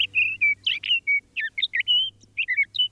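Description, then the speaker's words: Sage Thrasher song, a long varied stream of short whistled and scratchy notes, rapidly changing in pitch; a faint low hum underneath. Male; long-winded songs sometimes sung all night on nights with a full moon. "On nights with a full moon, male sage thrashers have been known to proclaim their long-winded songs all night."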